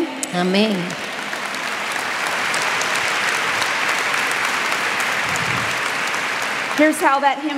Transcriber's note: applause